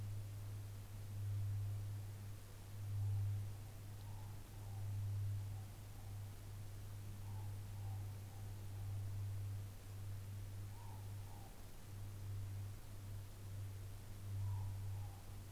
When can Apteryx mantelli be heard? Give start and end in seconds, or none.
none